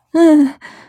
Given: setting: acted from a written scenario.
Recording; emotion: vocal sound without words; fear